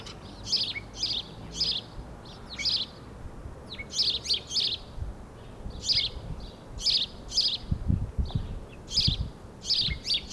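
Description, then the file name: House sparrow chirps, steady bursts of harsh notes throughout, with some low thumping noise near the end. "Passer domesticus"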